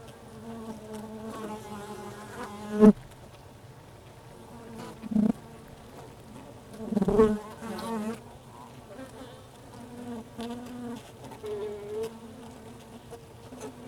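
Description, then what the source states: Honey bee hum as a quieter steady drone, interrupted by several sharp knocks or thumps. Recorded inside a beehive.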